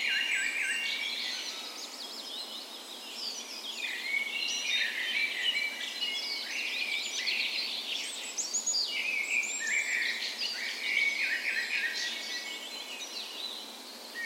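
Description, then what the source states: Lively bird dawn chorus, many singers overlapping with rapid trills, rising whistles and chattering phrases throughout. Dawn chorus in a park west in Bergen, Norway, on the spring morning of 17 May, Norway's National Day; recorded with a Sony PCM A10 and LOM micro Usi mics as 'tree ears'.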